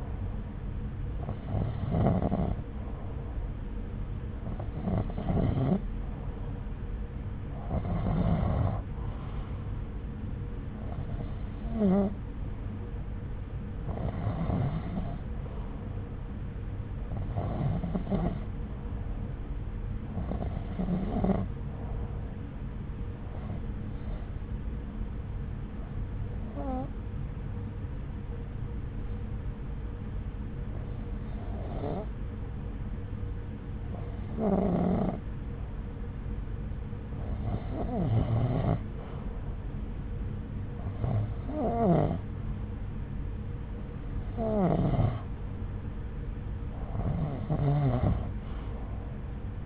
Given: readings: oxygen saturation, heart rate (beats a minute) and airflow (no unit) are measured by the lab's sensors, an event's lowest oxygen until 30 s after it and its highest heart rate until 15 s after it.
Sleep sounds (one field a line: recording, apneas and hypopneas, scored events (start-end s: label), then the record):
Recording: breathing in sleep by a smartphone at the bedside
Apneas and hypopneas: 1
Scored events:
24.00-43.10 s: hypopnea (REM, oxygen 91% highest, then 88% lowest)
From the record:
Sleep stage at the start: REM sleep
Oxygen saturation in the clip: 88 to 92%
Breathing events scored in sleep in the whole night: 303 in 8.1 hours asleep